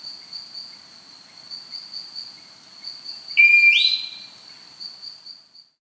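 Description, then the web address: Grey-tailed piha call: one loud, clear whistled note that sweeps sharply upward at its end, heard over a steady high insect drone. South America. "Natures Songs S America Gray-Tailed Piha"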